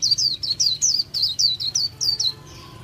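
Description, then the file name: White-eye song: a quick series of high, down-slurred notes in under three seconds, over a low background hum. Song style called 'líu' in Vietnamese. "tieng khuyen liu"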